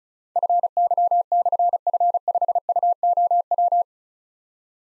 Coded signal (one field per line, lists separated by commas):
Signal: Morse code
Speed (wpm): 36 wpm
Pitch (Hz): 700 Hz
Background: none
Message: FY/F5UOW